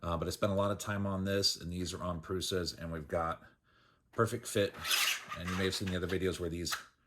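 A 3D-printed plastic light-tower mast section for a 1/10 scale RC trailer is handled at its tight-tolerance trailer mast mount while someone talks, with faint rubbing and scraping between phrases. Nothing has seated or clicked yet; the part is not yet home when the clip ends.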